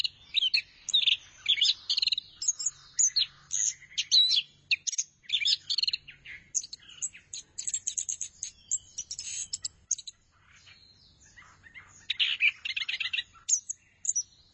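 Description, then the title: Thrush song: fast bursts of chattering, scratchy and whistled notes, broken by short pauses. "burung anis"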